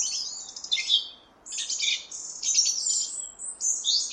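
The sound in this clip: Song thrush singing short, high, rapid phrases of squeaky and trilled notes with brief gaps between them, over a faint steady background hiss.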